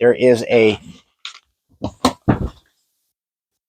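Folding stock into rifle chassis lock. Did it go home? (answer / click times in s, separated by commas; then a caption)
yes / 2.0 s. Someone talks while the stock release button on a heavy Accuracy International MKIII rifle is pressed and the folding stock is swung over into its chassis lock, where a pin holds it so it does not flap around. After the talking, a faint short sound comes at about 1.3 s, then a thud at 1.8 s. The loudest sharp click at 2.1 s is the stock locking into place.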